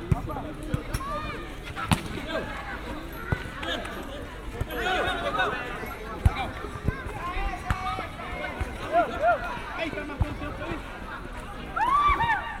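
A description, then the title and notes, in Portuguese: Football in a public square: many voices shout and chatter at once, with children's high calls rising over a steady crowd murmur. Sharp knocks and thuds of the ball or feet pop up every second or two throughout, outdoors. Futebol na PraÃ§a.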